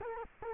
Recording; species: mosquito wingbeat signal from an infrared sensor; Culex quinquefasciatus